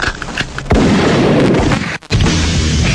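A loud gunshot sound effect cracks out after a short pause, followed by a heavy booming rumble, a brief dropout, then a second sustained blast of noise.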